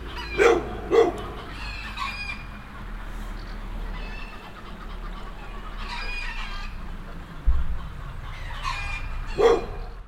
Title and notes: lellingen, hens and dog. Lellingen - Chicken and Dog. Ein Hühnerschuppen auf einem Bauernhof. Die Hühner gackern laut und der Hofhund bellt. Project - Klangraum Our